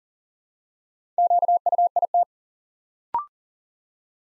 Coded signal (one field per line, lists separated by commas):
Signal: Morse code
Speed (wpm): 41 wpm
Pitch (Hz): 700 Hz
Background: none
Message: QUIT